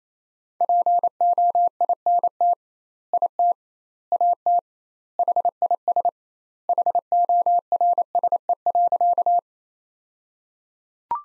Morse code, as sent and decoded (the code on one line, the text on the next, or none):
.--. --- .. -. - / .. - / .- - / .... .. ... / .... --- .-. ... . .-.-.-
POINT IT AT HIS HORSE.